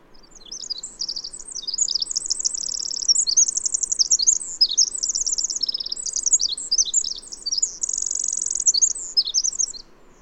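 Bird song: a long, dense run of very high, rapid twittering and trilled phrases.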